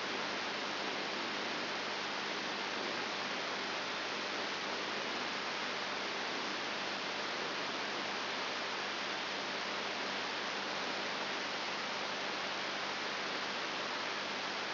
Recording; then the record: brain microelectrode recording played as sound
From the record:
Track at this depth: inside the subthalamic nucleus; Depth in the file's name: 4.501 mm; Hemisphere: left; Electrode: 3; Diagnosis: Parkinson's disease